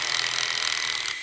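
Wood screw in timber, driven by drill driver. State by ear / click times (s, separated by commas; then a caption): stripped / 0.1 s, 0.2 s, 0.4 s, 0.7 s. A drill driver keeps driving a wood screw into timber past the point of seating, and the threads strip out the wood. This gives a rapid chattering series of hits at 0.1, 0.15, 0.19, 0.4, 0.7 and 0.7 seconds over a steady high-pitched whir. The screw is stripped and no longer holds anything.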